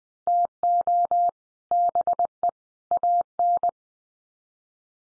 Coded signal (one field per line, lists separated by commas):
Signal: Morse code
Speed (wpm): 20 wpm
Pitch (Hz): 700 Hz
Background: none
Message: TO BE AN